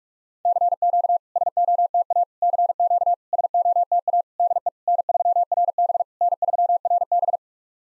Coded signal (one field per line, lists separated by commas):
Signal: Morse code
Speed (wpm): 46 wpm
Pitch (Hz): 700 Hz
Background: none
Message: CQ SOTA CQ SOTA DE N3RB N3RB